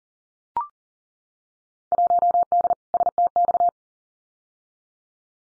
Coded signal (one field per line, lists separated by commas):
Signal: Morse code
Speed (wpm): 40 wpm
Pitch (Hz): 700 Hz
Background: none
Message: 1D STX